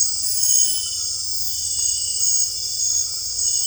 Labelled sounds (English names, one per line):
none